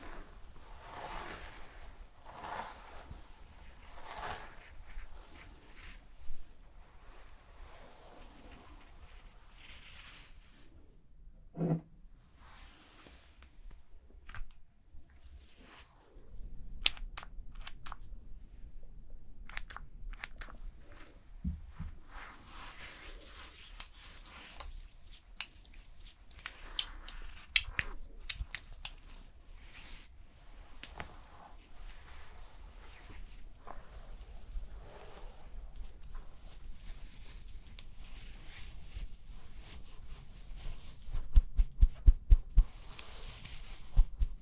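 Shampoo lathering and hair brushing make soft, uneven scrubbing and crackling strokes, thinning to near quiet around 12–16 seconds, then building toward the end.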